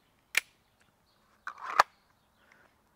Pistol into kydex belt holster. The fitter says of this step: that click that's solid